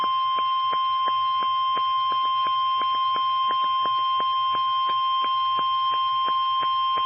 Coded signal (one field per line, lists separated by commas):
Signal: Emergency Alert System (SAME) tones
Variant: 1050 Hz attention tone